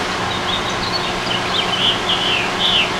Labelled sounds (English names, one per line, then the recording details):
House Finch song
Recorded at Patchogue on Long Island, New York, on 21 June 2013
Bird G